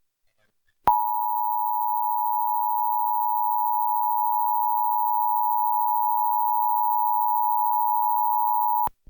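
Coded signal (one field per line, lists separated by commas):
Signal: Emergency Alert System (SAME) tones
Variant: 853 and 960 Hz attention tone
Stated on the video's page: Required Monthly Test relayed by a Portland TV station, captured with a USB tuner from an HD TV antenna.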